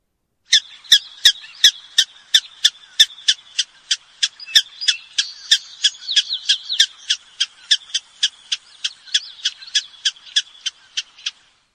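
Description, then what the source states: Prairie dog squeaking, a long series of sharp, chirpy squeaks repeated about three times a second for roughly eleven seconds. Squeaking, in grassland.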